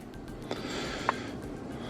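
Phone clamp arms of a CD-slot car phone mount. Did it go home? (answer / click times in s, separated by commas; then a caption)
yes / 0.5 s, 1.1 s. The ratcheting clamp arms of a plastic Crazefoto CD-slot car phone mount are pressed shut on a phone to get the last extra click. Two small, faint clicks are heard at 0.5 s and 1.1 s over a steady background hiss. The clamp seats closed on the phone.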